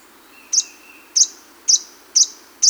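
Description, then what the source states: Violet-headed Hummingbird giving sharp, very high chips about every half second, five in a row, with a faint thin whistle early on. South America.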